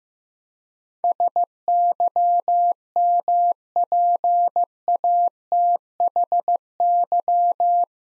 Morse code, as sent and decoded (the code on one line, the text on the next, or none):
... -.-- -- .--. .- - .... -.--
SYMPATHY